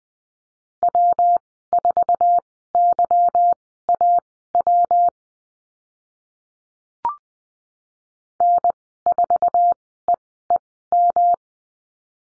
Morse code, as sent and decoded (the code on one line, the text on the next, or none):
.-- ....- -.-- .- .-- / -. ....- . . --
W4YAW N4EEM